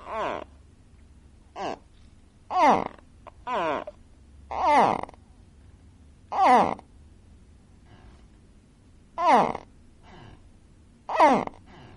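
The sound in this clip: Gharial calls: short, harmonic, downward-sweeping grunting calls, repeated irregularly about every one to three seconds, around eight in all, with quiet gaps between.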